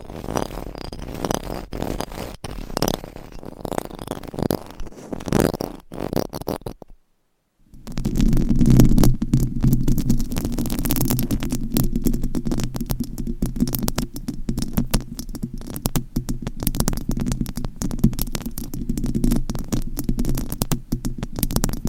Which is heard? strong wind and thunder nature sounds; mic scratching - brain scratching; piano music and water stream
mic scratching - brain scratching